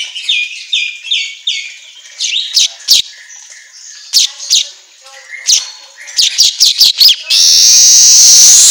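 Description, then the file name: Asian golden weaver song: chattering high chirps and sharp clicking notes in uneven bursts, ending in a long, loud, buzzy wheeze. Song recording used for training songbirds to sing. "Suara Kicau Manyar Kepala Emas Auto Gacor"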